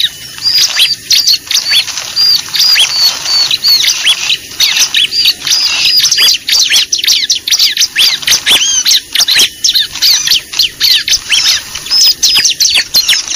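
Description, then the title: Bar-winged prinia calls: rapid, insistent high chirps and hooked whistles in near-continuous bursts throughout, with faint hiss beneath. Lure call used for trapping (pikat) Bar-winged prinia, known locally as ciblek, described as effective. "PIKAT BURUNG CIBLEK AMPUH"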